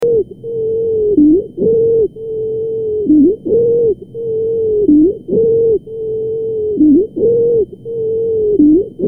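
A loud, high-pitched, musical noise sounds with every breath, in regular cycles of about two seconds, roughly 30 breaths a minute, through both breathing in and breathing out. This is stridor, a sign of narrowing in the upper airway.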